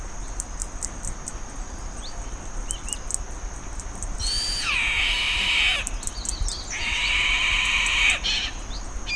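Bird calls with two drawn-out, hoarse screeches in the second half, preceded by light ticking sounds and faint high notes.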